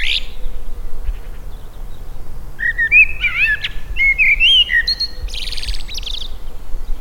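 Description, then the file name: Eurasian blackbird singing a short fluty, warbled phrase around the middle, then a thin, squeaky high twitter near the end, over a steady low background rumble. "Turdus merula"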